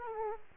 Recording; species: mosquito wingbeat signal from an infrared sensor; Aedes aegypti